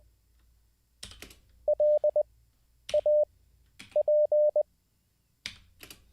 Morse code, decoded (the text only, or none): LAP